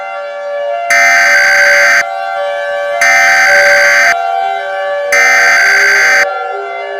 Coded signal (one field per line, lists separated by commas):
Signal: Emergency Alert System (SAME) tones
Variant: header bursts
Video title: Emergency Alert System Scenario #8: "West Coast Earthquake"